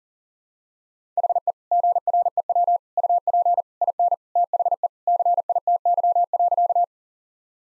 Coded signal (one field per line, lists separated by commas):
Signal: Morse code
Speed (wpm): 37 wpm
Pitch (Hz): 700 Hz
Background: none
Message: HE GREW UP IN THE CITY.